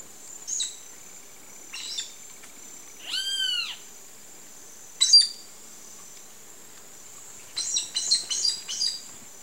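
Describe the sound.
Bird calls: a few short chirps, one drawn-out arching whistle, then a quick burst of chirps, with a thin steady high tone throughout.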